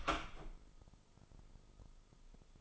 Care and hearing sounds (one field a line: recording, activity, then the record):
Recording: daily activity, microphone in the room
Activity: open door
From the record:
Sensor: 5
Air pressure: 996.2 hPa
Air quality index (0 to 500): 50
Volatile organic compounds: 1 ppm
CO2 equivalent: 815 ppm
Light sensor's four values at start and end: 42/98/41/43 and 42/98/41/43